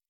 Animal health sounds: hydrophone in a shrimp aquaculture tank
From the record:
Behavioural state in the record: normal

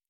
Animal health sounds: hydrophone in a shrimp aquaculture tank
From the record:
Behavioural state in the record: normal

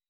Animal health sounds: hydrophone in a shrimp aquaculture tank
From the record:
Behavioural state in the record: weakened

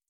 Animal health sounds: hydrophone in a shrimp aquaculture tank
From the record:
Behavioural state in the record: feeding

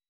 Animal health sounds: hydrophone in a shrimp aquaculture tank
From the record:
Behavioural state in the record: weakened

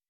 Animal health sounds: hydrophone in a shrimp aquaculture tank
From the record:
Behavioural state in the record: weakened

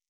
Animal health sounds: hydrophone in a shrimp aquaculture tank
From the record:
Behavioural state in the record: stressed

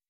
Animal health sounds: hydrophone in a shrimp aquaculture tank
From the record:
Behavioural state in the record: weakened

